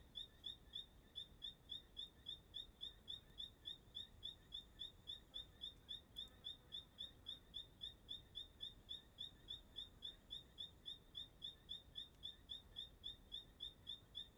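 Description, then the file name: Bird with a long, unbroken series of shrill cricket-like chirps, nearly four per second and very regular, over low steady background noise. Singing at dusk in Chapada dos Veadeiros park; song described as sounding like a cricket. "Entardecer no Parque da Chapada dos Veadeiros com passaro cantando como um grilo"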